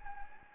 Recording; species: mosquito wingbeat signal from an infrared sensor; Anopheles gambiae